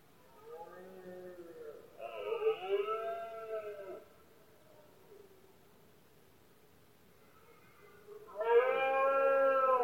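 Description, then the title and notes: Red deer bellows: a soft groan, a louder rough roar lasting two seconds, a quiet pause, then a strong roar starting near the end. Male red deer roaring during the rut, locally called berrea or brama del ciervo, one of Spain's most imposing nature spectacles; recorded at night in Spain, when surroundings are quiet. "Paisaje sonoro: Berrea #04. La época de celo del ciervo se conoce comúnmente como “berrea del ciervo” o “brama del ciervo”. los poderosos bramidos de los ciervos machos"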